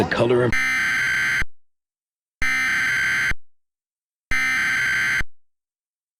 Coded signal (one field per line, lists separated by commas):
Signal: Emergency Alert System (SAME) tones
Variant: header bursts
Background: speech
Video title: EAS Short - The Humongous Entertainment Invasion of 1999